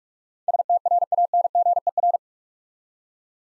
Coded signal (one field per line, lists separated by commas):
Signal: Morse code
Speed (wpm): 44 wpm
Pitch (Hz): 700 Hz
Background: none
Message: STRANGER